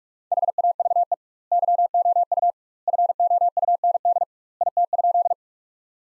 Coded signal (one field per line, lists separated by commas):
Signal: Morse code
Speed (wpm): 42 wpm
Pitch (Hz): 700 Hz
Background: none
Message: HAVE YOU FOUND IT?